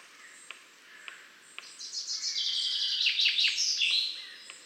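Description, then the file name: Common chaffinch song: a rapid cascading phrase of trilled notes descending to a brief terminal flourish, with sparse clicks and faint background chirping. "Fringilla coelebs"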